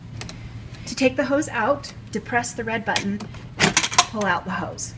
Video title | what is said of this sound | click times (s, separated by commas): Filling and Heating - Sargent Steam Cleaner | push the hose in until you hear it click | 0.2 s, 0.3 s